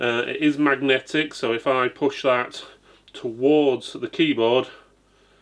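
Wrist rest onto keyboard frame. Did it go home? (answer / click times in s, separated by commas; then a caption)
no / none. Someone talks while a spongy magnetic wrist rest is pushed toward the aluminum frame of an Adata XPG Summoner mechanical gaming keyboard with Cherry silver switches. The clip ends before the wrist rest reaches the frame, so nothing has seated or clicked yet.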